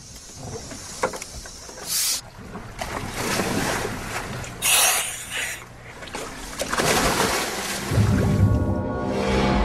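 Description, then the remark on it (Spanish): A diver in a sealed, vacuum-sealed suit wades and plunges into cold, dark green water known as the Emerald Sea, with several sharp bursts of splashing and churning surf over steady wind rumble, the sloshing growing busier toward the end. “Estoy entrando un poco en calor, voy a meterme en el agua.”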